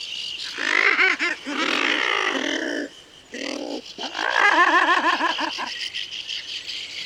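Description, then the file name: Thick-billed murre calls: dense growling, purring notes, with a brief lull near three seconds before the calling resumes. "Thick-billed-Murre -Uria-lomvia-arra"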